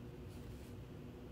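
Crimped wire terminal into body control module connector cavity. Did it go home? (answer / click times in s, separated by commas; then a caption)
no / none. A metal crimped terminal on a pre-terminated lead, rotated to the down position so its locking lance can catch, is handled at a plastic body control module (BCM) connector cavity. Only a steady low hum and broadband noise are heard, with no distinct transients. Nothing has seated or clicked yet.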